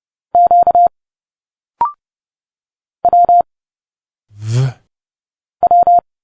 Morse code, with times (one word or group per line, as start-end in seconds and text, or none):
0.3-0.9 Q
3.0-3.4 W
5.6-6.0 W